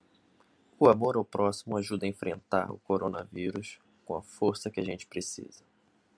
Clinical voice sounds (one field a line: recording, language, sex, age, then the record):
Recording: spoken sentence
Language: Brazilian Portuguese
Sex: male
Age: 20 to 29 years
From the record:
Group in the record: control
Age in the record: 24 years